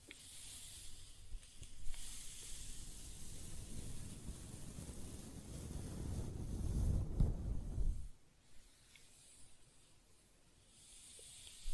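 Close-up hair sounds: soft scratching and brushing strokes that build into a dense, rustling rush from about two to eight seconds, strongest and rumbling near seven seconds. Then it drops away to quieter, sparse strokes with a faint hiss underneath.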